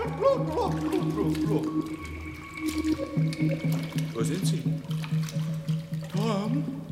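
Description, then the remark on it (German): Water splashes and gurgles in uneven bursts beneath a voice calling out as someone sinks in ice-cold water, with liquid sloshing continuing steadily through the whole stretch. “Im Wasser, Oma.”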